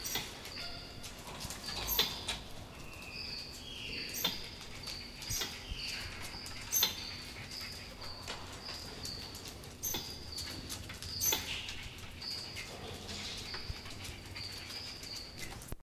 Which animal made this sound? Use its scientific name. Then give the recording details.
Nasua narica. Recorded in captivity. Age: adult. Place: Zoo Leipzig, Sachsen, DE. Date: 1966-12-02 17:00. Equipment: Uher 4000 Report-S, Transistorverstärker II, Sennheiser MD 421. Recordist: Tembrock, Günter